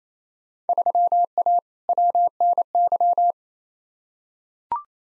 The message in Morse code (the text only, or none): 3A WNY